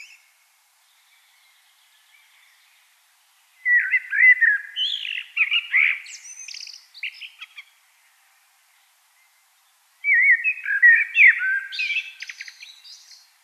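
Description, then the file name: Common blackbird singing two phrases separated by a long pause, fluted warbling notes running into squeaky, chattering high endings. "Turdus merula"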